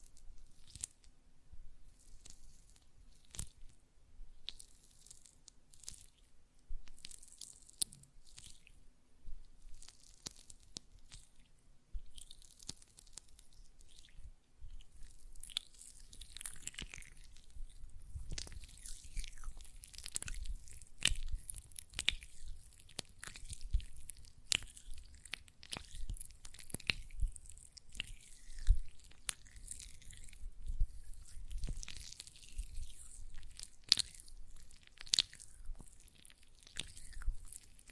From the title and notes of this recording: ASMR Gel Lotion Hand Sounds (No Talking).